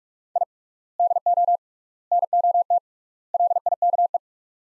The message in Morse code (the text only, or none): I DO NOT LIKE